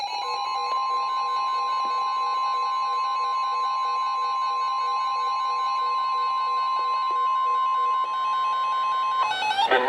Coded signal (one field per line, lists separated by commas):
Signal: Emergency Alert System (SAME) tones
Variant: 1050 Hz attention tone